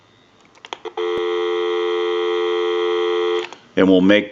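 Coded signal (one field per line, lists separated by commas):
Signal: telephone call progress tone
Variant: North America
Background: speech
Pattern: dial tone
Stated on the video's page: Heard on a General Electric 27909 cordless telephone during initial checkout and repair.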